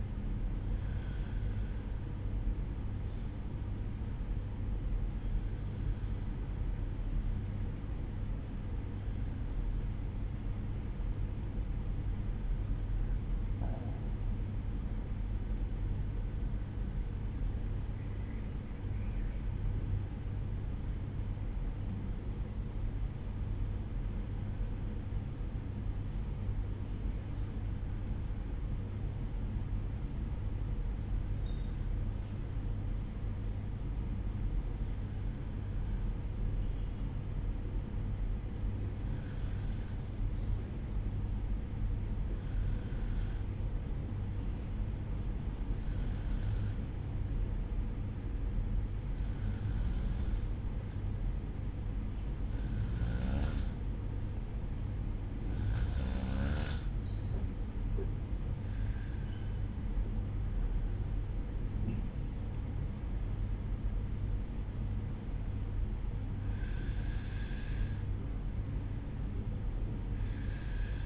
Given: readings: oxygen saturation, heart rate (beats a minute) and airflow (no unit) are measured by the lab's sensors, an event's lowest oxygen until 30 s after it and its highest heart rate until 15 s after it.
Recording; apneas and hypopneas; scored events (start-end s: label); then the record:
breathing in sleep by a smartphone at the bedside; 1
6.00-57.40 s: hypopnea (N1, oxygen 96% highest, then 92% lowest, heart rate 57 at the start, 63 highest)
17.00-47.00 s: new sleep stage, N2 (light sleep)
47.00-71.06 s: new sleep stage, N1 (lightest sleep)
From the record:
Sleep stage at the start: N1 (lightest sleep); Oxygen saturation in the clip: 91 to 96%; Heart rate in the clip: 56 to 63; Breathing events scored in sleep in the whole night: 305 in 9.6 hours asleep